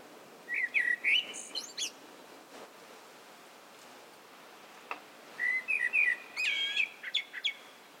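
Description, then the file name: Common blackbird song of two phrases separated by a pause, each a few mellow whistles followed by a high thin squeaky ending. "Turdus merula"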